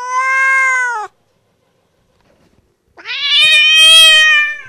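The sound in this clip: Bobcat distress cry: a steady, clear, mewing wail of about one second, a pause, then a harsher, louder squall.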